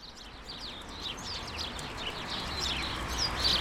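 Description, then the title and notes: Sparrows chirping in a dense, overlapping chorus of short, high chirps and twitters, many birds calling at once without pause, over background noise. Countless sparrows in a hedge, attracted by birdseed balls hung by residents, Urbanstraße, January 17, 2009. "urbanstraße: spatzen in einer hecke - the city, the country & me: sparrows in a hedge. unzählige spatzen, angelockt von meisenknödeln, die von anwohnern in einer hecke angebracht wurden. january 17, 2009"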